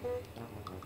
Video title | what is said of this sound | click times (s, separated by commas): PRINTER INK REFILL TUTORIAL | Mahila nyo lang siya pag nag-click na yan, goods na yan. | 0.7 s